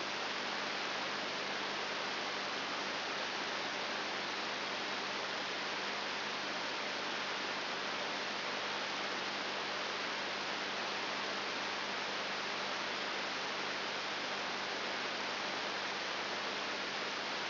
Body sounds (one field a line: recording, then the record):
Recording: brain microelectrode recording played as sound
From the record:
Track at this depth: inside the subthalamic nucleus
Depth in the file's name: 4.501 mm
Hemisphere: left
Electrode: 3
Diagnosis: Parkinson's disease